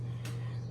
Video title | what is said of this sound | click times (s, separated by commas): Light Up Pet Bookstore Review: Is this $30 Set a STEAL for LEGO Lovers? | you know it just snaps back into place | 0.2 s